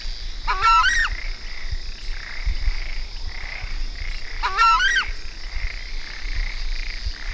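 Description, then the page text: Southern screamer giving two harsh, honking calls about four seconds apart, each a short burst of stacked tones, over steady hiss and low rumble. Argentina. "cantos chaja. Chajá Chauna torquata Southern Screamer"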